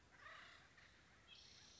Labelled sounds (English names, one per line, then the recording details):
Acorn Woodpecker
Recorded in Sonoma County, California